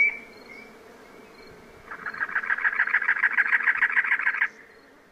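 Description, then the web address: Cactus wren song, a rough, rapid run of scratchy chug notes rising in loudness and lasting about two and a half seconds, after a thin high note. Cactus wren from North America, among common western species. "Songs of Birds of North America Know Your Bird Sounds. Cactus Wren"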